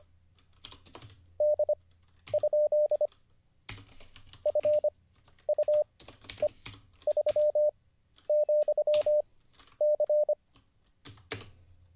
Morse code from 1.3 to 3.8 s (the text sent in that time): D?